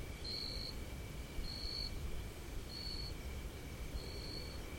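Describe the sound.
Cricket chirping: four short, high-pitched buzzy chirps, each under half a second, spaced about 1.2 seconds apart over a faint steady tone and low rumble.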